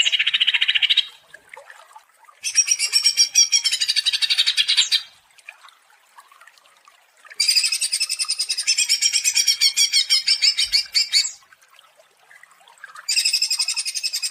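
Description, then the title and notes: Leafbird song delivered in separate bursts of fast, shrill chattering notes, each lasting one to four seconds, with quiet gaps of about one and a half to two and a half seconds between them. Cage-bird training song (masteran and pancingan, a lure to prompt singing) of a constantly singing leafbird. "Masteran & Pancingan Cucak Ijo Gacor. Burung Cucak Ijo"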